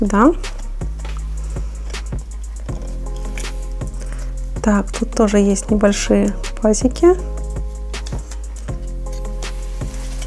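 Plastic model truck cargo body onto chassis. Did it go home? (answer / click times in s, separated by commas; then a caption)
no / none. The assembled plastic cargo body of a Zvezda scale Ural truck model is handled and positioned over the chassis while someone talks over background music, with light plastic taps and knocks throughout. The clip ends just before the body locks in place; nothing has seated or clicked yet.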